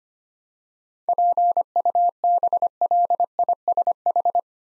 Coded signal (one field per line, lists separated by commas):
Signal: Morse code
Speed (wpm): 25 wpm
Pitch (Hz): 700 Hz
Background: none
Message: PUBLISH